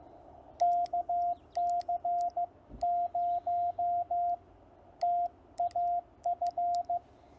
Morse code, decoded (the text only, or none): KC0TAF